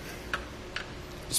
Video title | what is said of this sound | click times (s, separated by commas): Fit Check: Testing RockyMounts MonoRail Solo Bike Rack for 1 Bike on a 2014 Dodge Grand Caravan | can also fold up against the vehicle when not in use just push that up once you hear the click | 0.3 s, 0.8 s